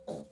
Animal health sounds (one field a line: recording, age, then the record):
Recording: pig call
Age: piglet (1 to 25 days)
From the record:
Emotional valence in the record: negative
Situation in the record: restrain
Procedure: back test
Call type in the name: low-frequency call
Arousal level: maximum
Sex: female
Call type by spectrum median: low-frequency call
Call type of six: low-frequency stable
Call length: 0.32 s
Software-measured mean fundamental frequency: 55 Hz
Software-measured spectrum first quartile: 298 Hz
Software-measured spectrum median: 504 Hz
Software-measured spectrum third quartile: 723 Hz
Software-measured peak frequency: 578 Hz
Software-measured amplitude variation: 182 dB a second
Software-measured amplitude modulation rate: 22.2 a second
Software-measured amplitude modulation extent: 8.2 dB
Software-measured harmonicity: 2.6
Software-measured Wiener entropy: -0.02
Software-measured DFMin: 1129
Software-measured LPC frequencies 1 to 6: 556, 3884, 6051, 6866, 7836, 9336 Hz